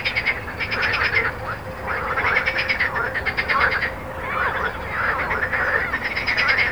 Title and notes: Jardins de la Ligne, 1 Rue Jacqueline Auriol, 31400 Toulouse, France - Frog Montaudran. Frog and road captation zoom h4n